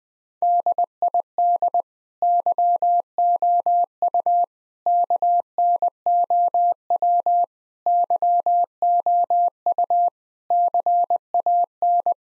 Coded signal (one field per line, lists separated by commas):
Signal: Morse code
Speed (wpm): 20 wpm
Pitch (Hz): 700 Hz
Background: none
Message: DID YOU KNOW YOU CAN